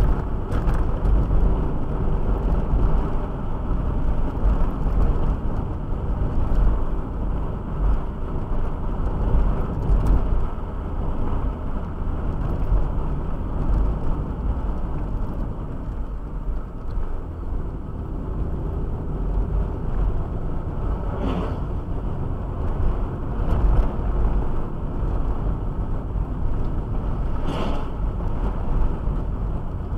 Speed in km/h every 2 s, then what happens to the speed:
56, 61, 61, 60, 60, 60, 57, 51, 47, 47, 50, 52, 54, 51, 51.
0-11 steady at about 60. 11-16 slows to 47. 16-23 speeds up to 54.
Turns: none.